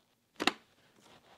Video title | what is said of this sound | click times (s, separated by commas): SEBO X7 UNBOXING & VACUUM TESTS | that has clicked into place. | 0.4 s, 0.5 s